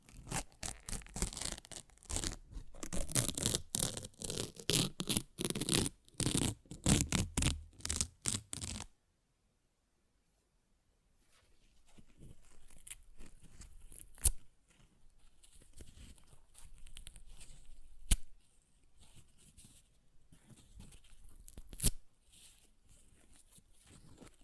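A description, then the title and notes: Paper is ripped in quick, rough bursts for the first nine seconds, dense and crackly with many sharp strokes. After a brief silence, softer rustling and crinkling follows, with sharp snaps near 14, 18 and 22 seconds. ASMR Paper Ripping Tearing Sounds (No Talking).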